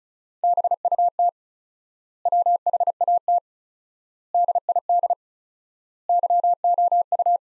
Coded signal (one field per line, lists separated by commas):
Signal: Morse code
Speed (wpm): 36 wpm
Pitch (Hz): 700 Hz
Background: none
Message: BUT WHAT DID YOU